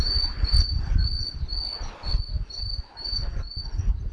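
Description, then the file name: Green tree cricket song: a clear, high, pure-toned chirp repeated steadily, over a low rumbling noise. "aomatumushi"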